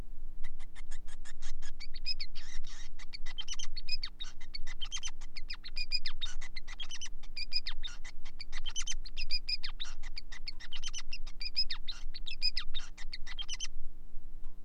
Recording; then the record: song of a male Bengalese finch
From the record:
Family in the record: son of father 5